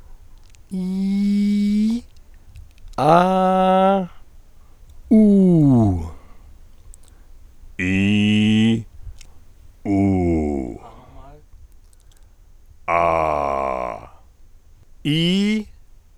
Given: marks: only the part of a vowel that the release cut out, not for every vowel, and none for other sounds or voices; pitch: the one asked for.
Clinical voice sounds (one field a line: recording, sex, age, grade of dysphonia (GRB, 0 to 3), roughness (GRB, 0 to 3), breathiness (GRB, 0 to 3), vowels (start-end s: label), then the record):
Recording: sustained vowels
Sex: male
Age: 60 to 69 years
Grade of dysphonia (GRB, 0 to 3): 2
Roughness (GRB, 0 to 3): 2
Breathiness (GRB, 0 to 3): 0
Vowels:
0.87-1.86 s: vowel /i/, high pitch
3.27-3.92 s: vowel /a/, high pitch
5.18-5.76 s: vowel /u/, high pitch
7.90-8.67 s: vowel /i/, low pitch
9.93-10.52 s: vowel /u/, low pitch
12.96-13.80 s: vowel /a/, low pitch
15.08-15.59 s: vowel /i/, low-high-low pitch
From the record:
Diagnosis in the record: functional dysphonia, contact pachydermia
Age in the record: 66 years